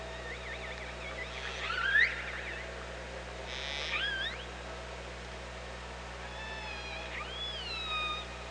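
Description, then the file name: Orca calls, a few squeaky upsweeping whistles and buzzy bursts, ending in a long descending harmonic call, with a constant hum in the background. OrcaLab hydrophone, 24 August 2017, 07:48. "Orca Lab UTLN JASON 20170824 074812"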